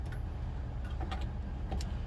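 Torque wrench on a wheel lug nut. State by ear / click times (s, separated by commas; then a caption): torque reached / 1.1 s, 1.8 s. A torque wrench set to 120 foot-pounds tightens a lug nut on an RV wheel over a steady low rumble. It gives sharp clicks at 1.1 s and 1.8 s as it reaches the setting, confirming the nut is torqued.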